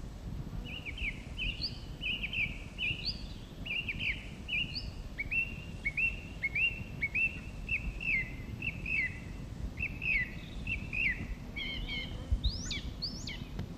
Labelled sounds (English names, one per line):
Song Thrush song